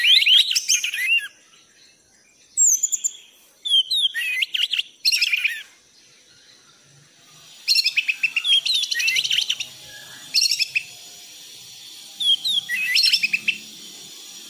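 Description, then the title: Thrush singing in short bursts of varied whistles and chattering trills, separated by pauses of up to about two seconds, with a faint steady background hiss. Training song for cage birds; lively, continuous singing. "anis gacor teler"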